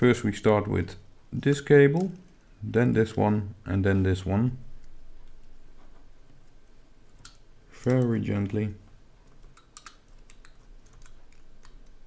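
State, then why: Not seated. While reassembling an iPhone 5c, display flex cable connectors are handled one after another over the logic board sockets, with someone talking between soft sharp ticks and faint handling taps. Nothing has seated or clicked yet; the clip ends before the connector goes home.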